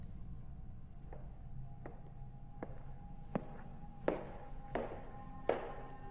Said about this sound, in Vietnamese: Giống như là tiếng bước chân tập tễnh của người già, Lư Học Minh nhìn qua một con hẻm nhỏ bên cạnh, lờ mờ không có ánh đèn. Tiếng bước chân từ đó chuyển ra, từ xa lại gần, là một lão bà.